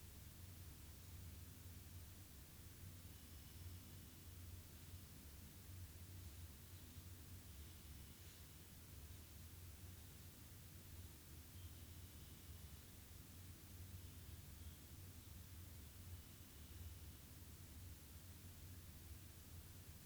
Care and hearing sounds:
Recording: daily activity, guitar pickup as the sensor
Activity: sit

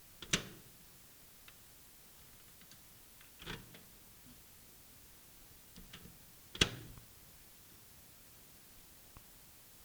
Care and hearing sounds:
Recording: daily activity, guitar pickup as the sensor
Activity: use microwave

